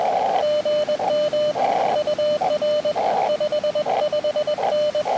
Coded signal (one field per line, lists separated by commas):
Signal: Morse code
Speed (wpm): 21 wpm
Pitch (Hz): 600 Hz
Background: none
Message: GM UR 55N